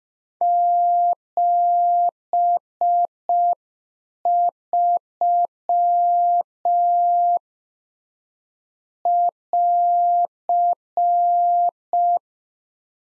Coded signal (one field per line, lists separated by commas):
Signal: Morse code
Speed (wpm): 5 wpm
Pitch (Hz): 700 Hz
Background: none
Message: 73 <AR>